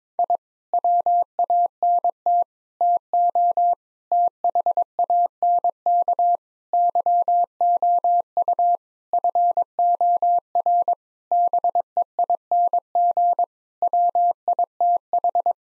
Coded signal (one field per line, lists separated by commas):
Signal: Morse code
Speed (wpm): 22 wpm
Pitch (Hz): 700 Hz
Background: none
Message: I WANT TO THANK YOU FOR BEING WITH